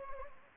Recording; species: mosquito wingbeat signal from an infrared sensor; Anopheles gambiae